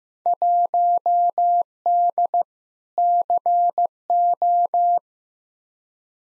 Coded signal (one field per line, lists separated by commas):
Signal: Morse code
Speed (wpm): 15 wpm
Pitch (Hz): 700 Hz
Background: none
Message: 1D CO